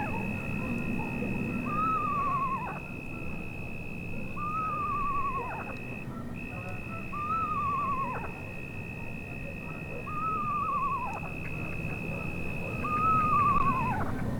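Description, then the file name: Eastern screech owl giving five quavering, downward-sliding whinnies at a steady pace, with a steady high-pitched tone and faint low rumble. "Megascops asio"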